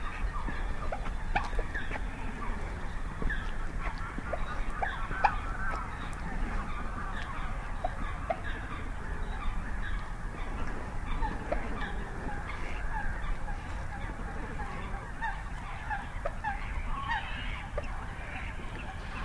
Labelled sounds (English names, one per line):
Common Moorhen call